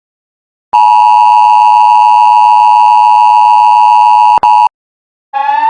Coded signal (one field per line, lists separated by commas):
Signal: Emergency Alert System (SAME) tones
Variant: 853 and 960 Hz attention tone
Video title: Rating eas alarms by how scary and cool they are!